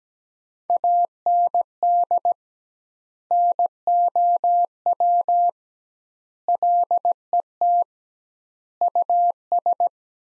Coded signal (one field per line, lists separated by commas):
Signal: Morse code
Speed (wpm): 17 wpm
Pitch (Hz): 700 Hz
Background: none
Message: AND NOW LET US